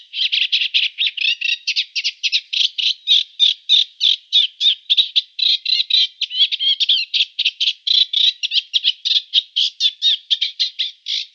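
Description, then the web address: Eurasian reed warbler song: a fast, even series of harsh chirring notes, several per second, sustained throughout with little variation in pitch. "Schulze Peter Reed Warbler song"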